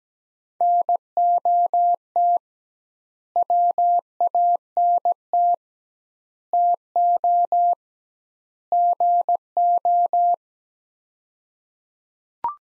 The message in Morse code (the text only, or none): NOT WANT TO GO